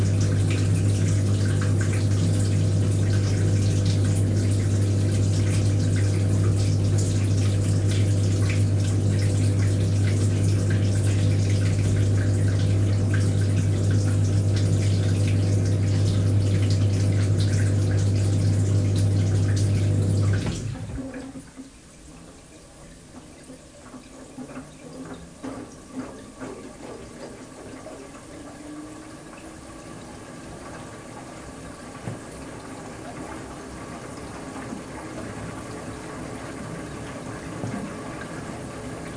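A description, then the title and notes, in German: A washing machine runs with a steady, loud low hum and a dense churning rush for about twenty seconds, then stops abruptly. Afterward it is much quieter, with soft trickling, gurgling water and small clicks as the drum settles, plus a faint rising tone. Wäsche in der Waschmaschine. Gleichmäßigen, rumpelnd-gluckernden Umdrehungen der Waschmaschine.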